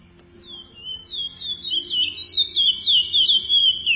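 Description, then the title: Chestnut-bellied seed finch song building from quiet to loud, a flowing chain of bright upslurred and downslurred whistles, with faint low background hum. "Canto De Curio"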